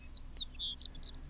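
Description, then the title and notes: Horned lark song fragment: a brief burst of high, thin jingling notes over faint low background hum. "Tunturikiuru. Tuukka Kupiainen"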